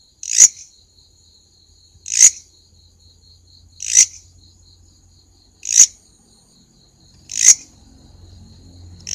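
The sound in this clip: Grasshopper calling with short, harsh rasping bursts about every two seconds, a faint constant high tone between them and soft low rumble.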